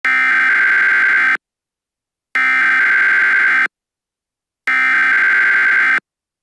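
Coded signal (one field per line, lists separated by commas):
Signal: Emergency Alert System (SAME) tones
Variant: header bursts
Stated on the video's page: Mock Tornado Watch for New Orleans, a simulated alert made with KineMaster.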